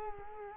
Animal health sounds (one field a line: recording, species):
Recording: mosquito wingbeat signal from an infrared sensor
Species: Culex quinquefasciatus